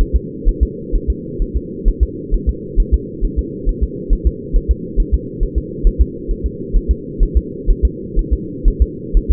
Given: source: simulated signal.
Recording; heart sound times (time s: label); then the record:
fetal heart sounds
0.01 s: S1
0.16 s: S2
0.48 s: S1
0.63 s: S2
0.95 s: S1
1.10 s: S2
1.42 s: S1
1.56 s: S2
1.88 s: S1
2.03 s: S2
2.34 s: S1
2.49 s: S2
2.80 s: S1
2.94 s: S2
3.25 s: S1
3.39 s: S2
3.69 s: S1
3.83 s: S2
4.13 s: S1
4.27 s: S2
4.56 s: S1
4.71 s: S2
5.00 s: S1
5.14 s: S2
5.43 s: S1
5.58 s: S2
5.87 s: S1
6.01 s: S2
6.31 s: S1
6.46 s: S2
6.77 s: S1
6.91 s: S2
7.23 s: S1
7.37 s: S2
7.70 s: S1
7.85 s: S2
8.19 s: S1
8.33 s: S2
8.68 s: S1
8.82 s: S2
9.17 s: S1
9.31 s: S2
From the record:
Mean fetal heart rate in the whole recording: 130 bpm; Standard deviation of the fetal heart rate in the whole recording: 4 bpm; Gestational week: 38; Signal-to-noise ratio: -4.1 dB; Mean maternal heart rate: no maternal heart sound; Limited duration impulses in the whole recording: absent